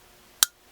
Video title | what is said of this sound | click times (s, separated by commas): Zero Tolerance 0095BW Flipper Knife Review | snaps right into place. | 0.4 s